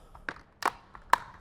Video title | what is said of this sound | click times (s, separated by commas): Infinity Kappa Perfect Plug & Play Audio System Installation - 2014 - 2023 Harley-Davidson | I hear that click | 1.1 s